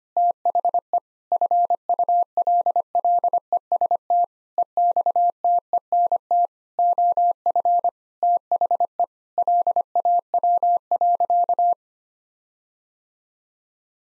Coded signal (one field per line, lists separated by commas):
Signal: Morse code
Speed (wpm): 25 wpm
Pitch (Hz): 700 Hz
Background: none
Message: THE FULLEST EXTENT OF THE LAW.